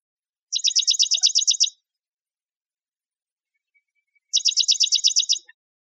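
Dark-eyed junco trill: two dry, rapid runs of about a dozen identical high notes, each lasting just over a second, separated by a long silent gap.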